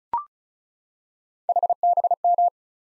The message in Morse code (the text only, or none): HBM